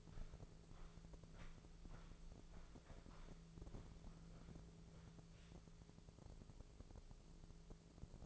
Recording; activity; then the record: daily activity, microphone in the room; walk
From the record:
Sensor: 5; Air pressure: 1005.6 hPa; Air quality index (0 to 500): 88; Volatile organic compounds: 2 ppm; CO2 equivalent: 1066 ppm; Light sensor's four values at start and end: 33/76/30/28 and 33/76/30/28